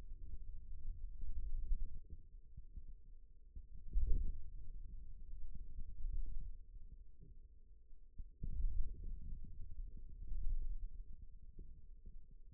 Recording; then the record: forearm muscle sounds (acoustic myography)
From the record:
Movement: wrist extension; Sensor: system 2, bracelet of six BSWA MPA416 microphones around the upper forearm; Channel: 4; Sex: male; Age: 22 years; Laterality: right